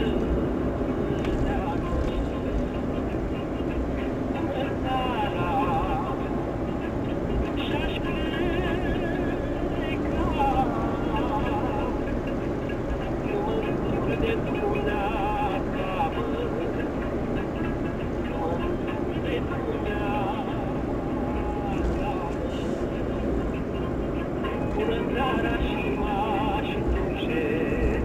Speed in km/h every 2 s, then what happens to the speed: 74, 75, 77, 77, 79, 81, 81, 80, 78, 77, 75, 72, 71, 71.
0-12 steady at about 77. 12-28 slows to 71.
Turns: none.